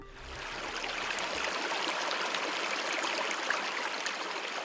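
Steady rushing of flowing river water, a dense hiss with a soft bubbling texture that holds an even, moderate level throughout, with a faint low hum in the first second and a half.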